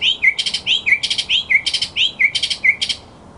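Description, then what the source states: Mockingbird song: a sliding whistle followed by a buzzy, chattering burst, repeated several times in quick succession. Masteran (tutoring) sound of a mockingbird.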